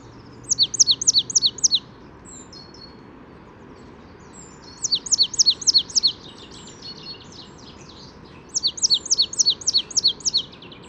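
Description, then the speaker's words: Marsh Tit song: three bursts of rapid, high repeated chipping notes, each lasting over a second, separated by pauses. Spring morning; resident birds, well fed at feeders here, sing as soon as mild weather arrives. "Voici le chant de la mésange nonnette."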